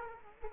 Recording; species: mosquito wingbeat signal from an infrared sensor; Culex quinquefasciatus